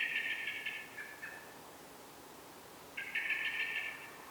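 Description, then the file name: Eurasian blackbird giving a rapid, rattling chatter in two bursts, one at the start and one at the end, over faint background hiss. "Turdus merula"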